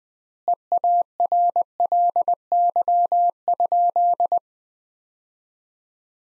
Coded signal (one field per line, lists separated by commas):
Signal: Morse code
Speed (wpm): 21 wpm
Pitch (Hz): 700 Hz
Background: none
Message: EARLY?